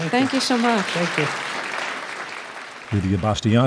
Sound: applause

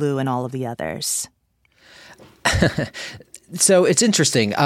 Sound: laughter

